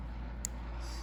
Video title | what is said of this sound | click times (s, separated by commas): 1964 66 Thunderbird Reproduction Window Switch Parts | oh i heard a click | 0.5 s